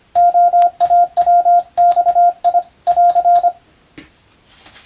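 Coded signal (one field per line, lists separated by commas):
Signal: Morse code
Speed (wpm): 25 wpm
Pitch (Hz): 700 Hz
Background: radio noise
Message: OAWXI <AR>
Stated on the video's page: Morse receiving practice for the Japanese radio operator national exam, recorded by a first-class radiotelegraph operator.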